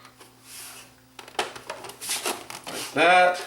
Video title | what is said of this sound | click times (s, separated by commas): bose 321 dvd drive will not open | should just snap in place here. Like that. | 1.2 s, 1.4 s, 1.7 s